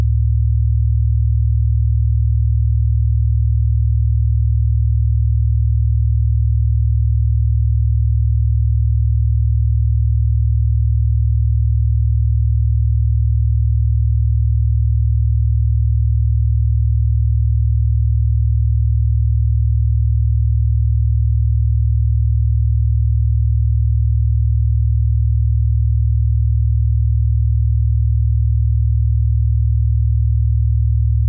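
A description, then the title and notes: A 40Hz binaural beat: a pure, deep tone hums without any change for the full half minute. Nothing sits above the low range, with no pulses, breaks or background sounds, just one smooth, unbroken drone at constant loudness. 40Hz Binaural Beats.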